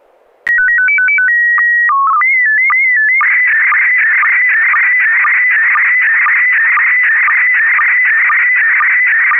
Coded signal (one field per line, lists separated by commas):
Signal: SSTV (slow-scan television)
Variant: PD 120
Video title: N6NA SSTV Net - 08/31/2022